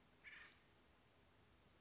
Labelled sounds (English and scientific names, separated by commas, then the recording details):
Western Flycatcher (Empidonax difficilis)
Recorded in Sonoma County, California